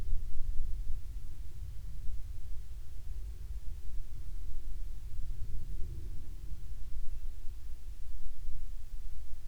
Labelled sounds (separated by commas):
near silence